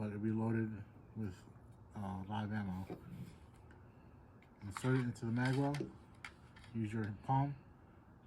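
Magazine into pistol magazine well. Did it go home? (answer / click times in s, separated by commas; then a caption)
no / none. Someone talks while handling a pistol magazine loaded with training rounds rather than live ammunition for safety, getting ready to insert it into the pistol's magazine well and palm it up. Faint handling noises come in the pause between speech at about 3.7 and 4.4 seconds. The magazine has not yet seated or clicked home.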